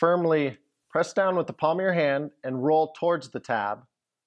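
A plastic tamper-evident shipping cap is being fitted onto an IBC container valve, pressed down with the palm and rolled toward the tab. Only someone talking is heard over about 4 seconds, with no impact sounds. Nothing has seated or locked into place yet.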